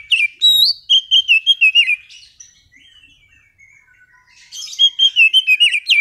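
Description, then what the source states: Oriental magpie-robin song: loud whistled notes and rapid varied phrases, then a quiet pause before a second burst of repeated sweet whistles. Master recording used as a lure to prompt a kacer that has stopped singing to sing again.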